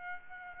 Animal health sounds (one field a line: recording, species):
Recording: mosquito wingbeat signal from an infrared sensor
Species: Aedes aegypti